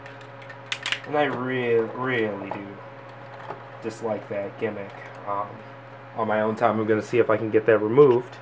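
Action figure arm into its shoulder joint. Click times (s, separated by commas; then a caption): 0.7 s, 0.9 s. A plastic action figure arm is folded back into its resting position and snaps into place at the shoulder joint, giving three quick sharp clicks at 0.7, 0.9 and 0.9 seconds. Someone talks over a steady low hum for the rest of the clip.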